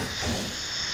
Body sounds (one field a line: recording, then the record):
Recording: coughing mixed with background sound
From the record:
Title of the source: Mid-morning Winter Coughing Fit